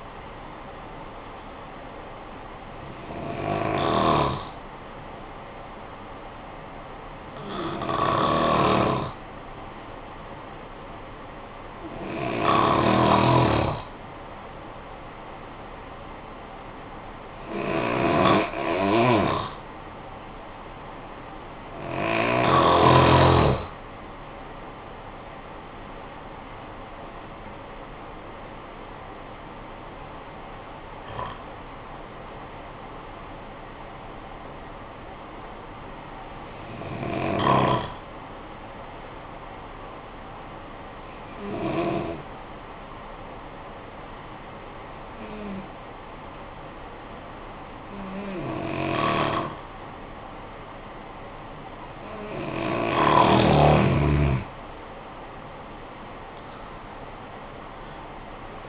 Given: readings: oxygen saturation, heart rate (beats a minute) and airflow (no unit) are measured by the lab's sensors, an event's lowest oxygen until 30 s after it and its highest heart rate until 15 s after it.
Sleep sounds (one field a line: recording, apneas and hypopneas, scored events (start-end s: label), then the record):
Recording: breathing in sleep by a voice recorder at the bedside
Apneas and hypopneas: 2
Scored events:
5.00-22.80 s: hypopnea (N1, oxygen 95% highest, then 90% lowest, heart rate 55 at the start, 74 highest)
37.00-53.30 s: hypopnea (N1, oxygen 94% highest, then 87% lowest, heart rate 56 at the start, 69 highest)
55.00-58.69 s: new sleep stage, N2 (light sleep)
From the record:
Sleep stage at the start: N1 (lightest sleep)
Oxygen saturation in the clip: 85 to 95%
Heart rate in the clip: 50 to 74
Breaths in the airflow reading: 13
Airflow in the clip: -12.8 to 12.8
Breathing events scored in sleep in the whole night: 445 in 7.6 hours asleep